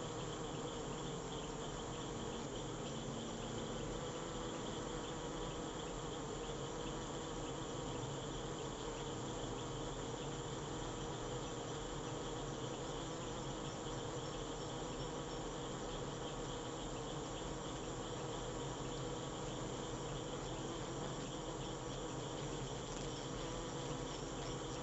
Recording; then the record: honeybee defence experiment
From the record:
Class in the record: control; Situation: empty test tube, no live specimens